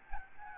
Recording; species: mosquito wingbeat signal from an infrared sensor; Aedes albopictus